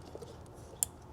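During spark plug work on an FK8 Type R, another wiring connector is pressed onto an ignition coil against a quiet, low background. It latches with a single sharp, bright click at 0.8 s, and the connector is seated.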